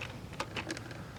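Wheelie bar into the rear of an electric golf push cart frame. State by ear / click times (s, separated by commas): not seated / none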